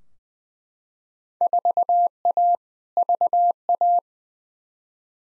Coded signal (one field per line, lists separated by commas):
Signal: Morse code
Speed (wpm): 21 wpm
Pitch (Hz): 700 Hz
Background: none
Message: 4A VA